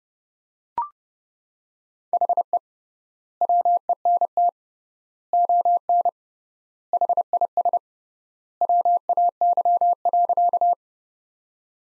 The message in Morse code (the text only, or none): HE WENT ON HIS WAY.